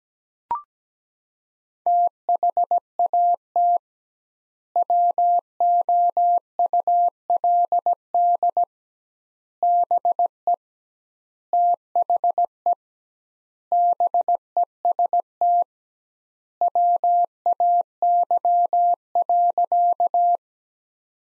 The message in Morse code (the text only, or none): THAT WOULD BE THE BEST WAY.